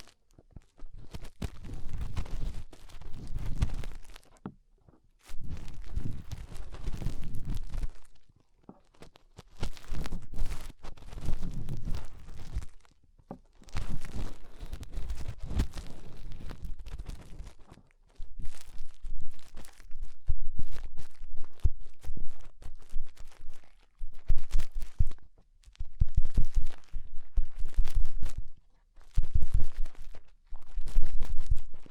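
Fingers rub and scrape inside an ear, making loud, muffled, rumbling scratches heavy in the low end. The rubbing comes in bursts of about two to four seconds, separated by short near-silent gaps. Later bursts sound choppier, with quick crackling scrapes.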